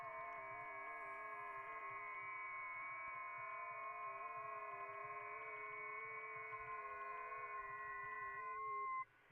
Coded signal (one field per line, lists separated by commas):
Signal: FT8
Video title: Sunday Afternoon Amatuer Radio